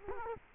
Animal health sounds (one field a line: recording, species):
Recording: mosquito wingbeat signal from an infrared sensor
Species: Culex quinquefasciatus